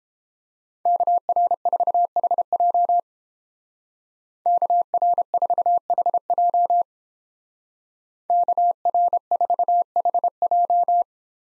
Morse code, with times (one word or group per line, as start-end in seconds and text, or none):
0.9-3.0 KR4HJ
4.5-6.8 KR4HJ
8.3-11.0 KR4HJ